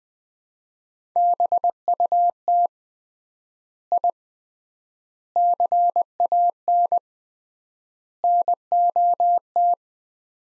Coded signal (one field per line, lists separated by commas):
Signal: Morse code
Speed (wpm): 20 wpm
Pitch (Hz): 700 Hz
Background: none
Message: BUT I CAN NOT